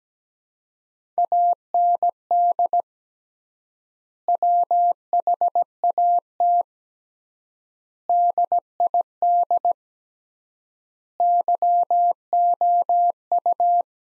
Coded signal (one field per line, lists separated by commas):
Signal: Morse code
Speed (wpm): 17 wpm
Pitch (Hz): 700 Hz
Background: none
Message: AND WHAT DID YOU